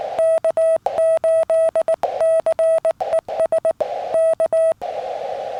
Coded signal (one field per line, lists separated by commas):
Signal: Morse code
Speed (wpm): 19 wpm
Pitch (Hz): 650 Hz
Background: none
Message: K8CES K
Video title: Picnic Tables Hibernate Too! Taking the FT-817 For Another CW POTA Activation